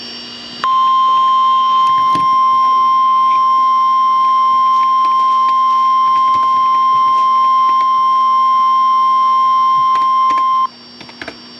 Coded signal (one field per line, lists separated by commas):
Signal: Emergency Alert System (SAME) tones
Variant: 1050 Hz attention tone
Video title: {TRIPLE HEADER!!!} Severe Thunderstorm Warnings (EAS #31-33)